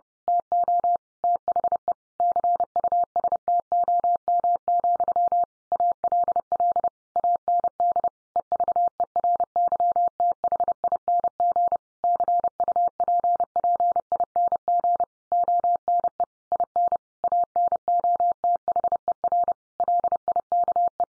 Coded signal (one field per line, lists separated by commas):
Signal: Morse code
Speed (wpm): 30 wpm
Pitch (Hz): 700 Hz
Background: none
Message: TO THE CUSTOM, ALL AND EVERYTHING CUPPING ONE IN ANOTHER LIKE